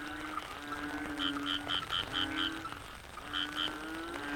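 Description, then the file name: Frog chorus with overlapping pulsed croaks, a run of bright repeated notes near the middle and again near the end, over a constant hum. Frogs in the Cherating wetlands, Malaysia; wetland soundscape. "yamaha frogs cherating wetlands"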